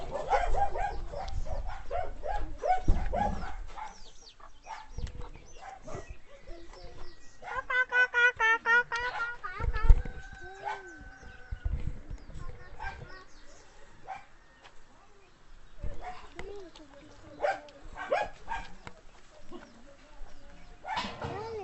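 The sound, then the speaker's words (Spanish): Several dogs at a house bark in irregular bursts, mixed with high-pitched yips and a whining, harmonic cry midway, while people speak intermittently in the background. “E lá que os cachorros me latirem.”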